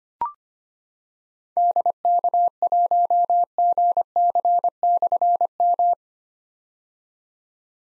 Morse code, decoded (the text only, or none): DK1GC/M